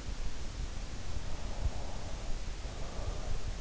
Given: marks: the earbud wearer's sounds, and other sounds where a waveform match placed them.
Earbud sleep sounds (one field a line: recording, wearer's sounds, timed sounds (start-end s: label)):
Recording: sounds in sleep by an in-ear microphone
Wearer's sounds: breath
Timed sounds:
1.35-3.38 s: breath